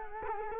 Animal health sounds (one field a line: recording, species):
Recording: mosquito wingbeat signal from an infrared sensor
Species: Culex quinquefasciatus